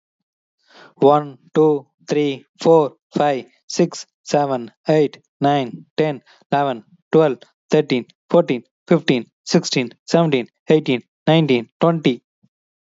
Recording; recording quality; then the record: counting at a normal pace; excellent, no background noise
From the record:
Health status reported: healthy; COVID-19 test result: negative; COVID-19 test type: RT-PCR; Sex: male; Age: 26 years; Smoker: no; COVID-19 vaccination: both doses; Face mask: worn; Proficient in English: no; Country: India